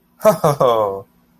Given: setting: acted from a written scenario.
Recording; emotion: vocal sound without words; amusement